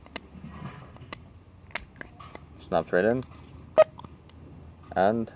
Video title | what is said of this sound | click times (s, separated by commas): How to Maintain your MSR Whisperlite International Stove - Full IN-DEPTH Maintenance Instructions | the pump could go back in snaps right in | 1.8 s